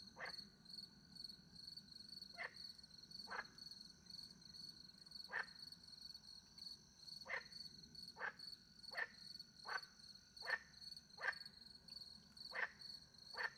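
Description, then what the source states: Frog giving several short croaks over a steady high trilling of crickets and a soft low hum. Frogs with crickets in the countryside by night near a little pond, France; microphones hidden in a tree; recorded with two Usi Pro mics into a MixPre-10 II.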